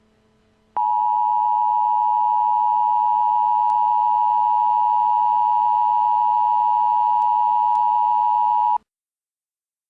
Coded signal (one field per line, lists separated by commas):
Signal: Emergency Alert System (SAME) tones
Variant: 853 and 960 Hz attention tone